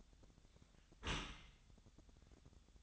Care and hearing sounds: daily activity, microphone in the room; close dishwasher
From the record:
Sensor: 3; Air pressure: 1004.7 hPa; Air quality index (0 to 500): 107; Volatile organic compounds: 4 ppm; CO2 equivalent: 1687 ppm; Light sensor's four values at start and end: 7/17/7/6 and 7/17/7/6

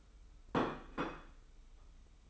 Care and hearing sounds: daily activity, microphone in the room; place plate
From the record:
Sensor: 1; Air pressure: 990.8 hPa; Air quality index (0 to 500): 131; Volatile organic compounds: 389 ppm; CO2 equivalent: 4654 ppm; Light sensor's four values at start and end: 23/53/22/25 and 23/54/22/25

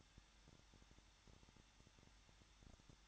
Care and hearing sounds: daily activity, microphone in the room; no activity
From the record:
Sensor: 3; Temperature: 21.2 degrees Celsius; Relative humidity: 36.4%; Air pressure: 1006.4 hPa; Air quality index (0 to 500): 223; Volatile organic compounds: 42 ppm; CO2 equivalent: 3188 ppm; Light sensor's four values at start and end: 2/3/2/2 and 2/3/2/2

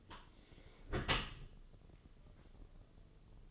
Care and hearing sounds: daily activity, microphone in the room; close dishwasher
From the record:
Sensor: 4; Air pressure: 1015.8 hPa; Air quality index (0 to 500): 93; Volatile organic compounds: 2 ppm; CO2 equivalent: 1037 ppm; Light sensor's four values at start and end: 9/19/7/7 and 9/19/7/7

